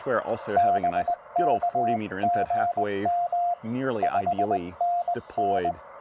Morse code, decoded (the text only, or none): BK GM 5NN